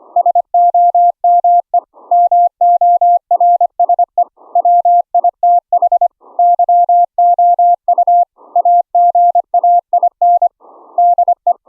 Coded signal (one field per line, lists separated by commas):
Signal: Morse code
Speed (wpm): 25 wpm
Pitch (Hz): 700 Hz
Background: none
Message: SOME MORSE WITH YOU AGAIN DE